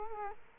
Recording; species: mosquito wingbeat signal from an infrared sensor; Culex quinquefasciatus